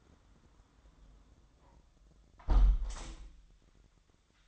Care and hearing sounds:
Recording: daily activity, microphone in the room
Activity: close window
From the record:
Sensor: 3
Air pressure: 1004.6 hPa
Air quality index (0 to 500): 74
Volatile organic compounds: 2 ppm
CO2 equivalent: 1095 ppm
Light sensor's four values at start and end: 7/17/7/6 and 7/16/6/6

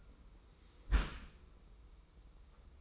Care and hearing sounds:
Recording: daily activity, microphone in the room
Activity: close dishwasher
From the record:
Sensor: 1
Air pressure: 990.5 hPa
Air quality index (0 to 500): 179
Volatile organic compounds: 1000 ppm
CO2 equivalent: 6581 ppm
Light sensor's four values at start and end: 26/60/25/28 and 26/60/25/28

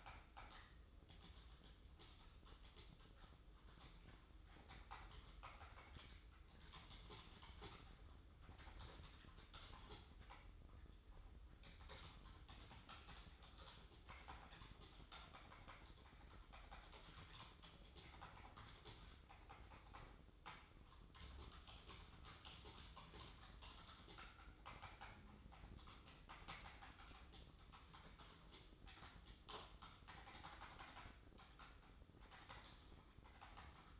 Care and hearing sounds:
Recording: daily activity, microphone in the room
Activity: typing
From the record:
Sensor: 3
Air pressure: 995.3 hPa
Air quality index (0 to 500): 78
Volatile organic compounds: 6 ppm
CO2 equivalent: 1845 ppm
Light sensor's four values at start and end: 18/55/22/20 and 18/55/22/20

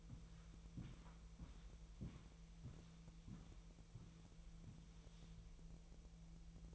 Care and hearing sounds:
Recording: daily activity, microphone in the room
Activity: walk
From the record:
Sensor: 1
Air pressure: 1002.1 hPa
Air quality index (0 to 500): 236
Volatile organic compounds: 90 ppm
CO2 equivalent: 3688 ppm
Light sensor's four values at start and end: 8/19/8/9 and 8/18/7/8

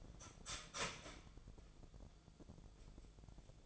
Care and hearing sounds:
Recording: daily activity, microphone in the room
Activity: start toaster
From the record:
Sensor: 5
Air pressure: 1000.3 hPa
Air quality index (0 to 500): 131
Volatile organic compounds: 2 ppm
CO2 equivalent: 1036 ppm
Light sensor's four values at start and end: 78/183/78/84 and 79/184/78/84

